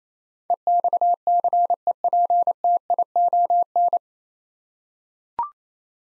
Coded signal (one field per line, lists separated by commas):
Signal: Morse code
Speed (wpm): 28 wpm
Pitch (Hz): 700 Hz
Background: none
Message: EXCEPTION